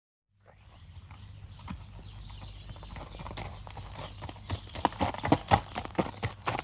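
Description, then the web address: Horse hooves walking on gravel, irregular crunching steps growing louder and sharper throughout, about two steps per second. Single horse walking on gravel. "animals horses single horse walking on gravel"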